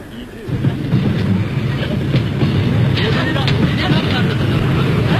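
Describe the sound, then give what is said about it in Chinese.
A train rumbles steadily along the rails in winter, carrying two police detectives escorting a man, a dense low roar with faint rhythmic clatter and occasional higher metallic squeals, continuous and fairly loud throughout. “接着是冬天，两个刑警压着耕作坐上火车。”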